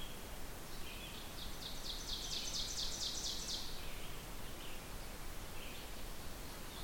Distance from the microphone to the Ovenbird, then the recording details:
about 65 m. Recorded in boreal forest in Alberta, Canada, on 16 June 2016 at 08:03. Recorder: SongMeter 3, array SBT-3-32. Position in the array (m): 144 m, 26 m. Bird 36